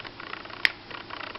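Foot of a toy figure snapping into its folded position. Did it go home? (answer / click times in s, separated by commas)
yes / 0.6 s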